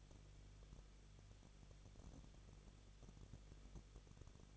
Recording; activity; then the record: daily activity, microphone in the room; no activity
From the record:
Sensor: 4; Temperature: 23.1 degrees Celsius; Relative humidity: 34.3%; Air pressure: 1007.2 hPa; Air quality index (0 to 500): 215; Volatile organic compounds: 15 ppm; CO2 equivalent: 2485 ppm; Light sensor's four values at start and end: 2/3/1/1 and 2/3/1/1